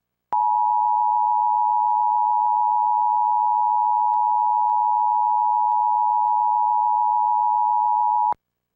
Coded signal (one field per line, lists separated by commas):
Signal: Emergency Alert System (SAME) tones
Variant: 853 and 960 Hz attention tone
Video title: EAS Recreation Mock: 2011 National EAS Test